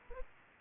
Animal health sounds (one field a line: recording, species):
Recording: mosquito wingbeat signal from an infrared sensor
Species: Anopheles arabiensis